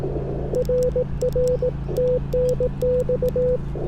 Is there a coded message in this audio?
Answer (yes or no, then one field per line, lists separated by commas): yes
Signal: Morse code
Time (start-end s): 0.6-3.6 s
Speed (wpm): 17 wpm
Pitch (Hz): 500 Hz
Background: radio noise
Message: RR TNX